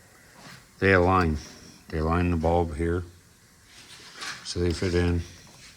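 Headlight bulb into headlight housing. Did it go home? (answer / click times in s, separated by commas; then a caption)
no / none. Someone talks while a headlight bulb with two alignment tabs is lined up with a plastic headlight housing, with only faint handling noise between the words. Nothing has seated or clicked yet; the bulb is not locked in by the end.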